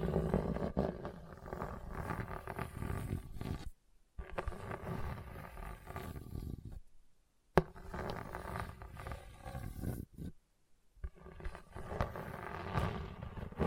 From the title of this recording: Hard and Bumpy Surface Scratching